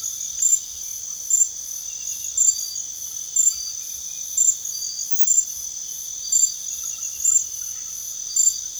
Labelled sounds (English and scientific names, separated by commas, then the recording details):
none
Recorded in pastures near Puerto Asís, Putumayo, Colombia, on 4 March 2025 at 02:00
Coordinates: 0.497, -76.327
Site G072